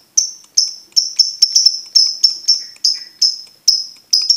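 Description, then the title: Lovebird song of quick, piercing high chirps repeated roughly every third of a second in a steady run. Training recording for teaching birds; song style called ngekek. "MASTERAN BURUNG Belajar Ngekek"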